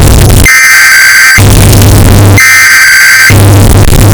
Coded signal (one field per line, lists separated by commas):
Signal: Emergency Alert System (SAME) tones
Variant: header bursts